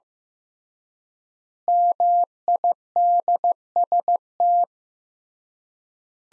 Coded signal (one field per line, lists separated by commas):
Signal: Morse code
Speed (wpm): 15 wpm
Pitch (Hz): 700 Hz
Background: none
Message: MIDST